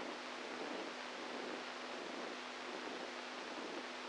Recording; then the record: brain microelectrode recording played as sound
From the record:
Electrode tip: inside the subthalamic nucleus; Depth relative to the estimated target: -3 mm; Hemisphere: right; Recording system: NeuroSet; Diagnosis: Parkinson's disease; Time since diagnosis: 10 years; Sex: male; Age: 65 years